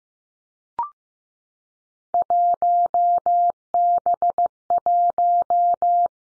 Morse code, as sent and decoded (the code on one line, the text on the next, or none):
.---- -... .----
1B1